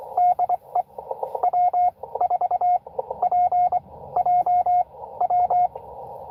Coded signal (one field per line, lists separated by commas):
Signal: Morse code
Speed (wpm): 23 wpm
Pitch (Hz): 720 Hz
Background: radio noise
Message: DE W4PJW